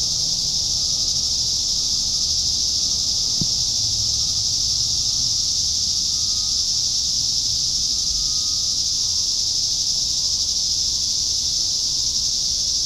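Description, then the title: Cicadas keep up a loud, even, high-pitched buzzing drone, with a brief click early on and a faint low rumble. "neoscenes: cicadas"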